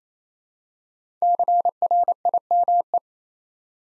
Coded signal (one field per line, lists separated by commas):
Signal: Morse code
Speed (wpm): 27 wpm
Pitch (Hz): 700 Hz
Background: none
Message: CRIME